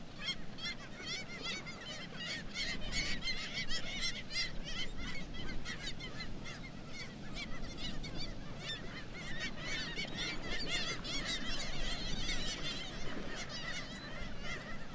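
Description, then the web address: Black-legged kittiwakes in a colony chorus, with fast, overlapping, nasal calls throughout over a low rumble. "Black legged kittiwake. صدای-پرنده-کاکایی-پاسیاه"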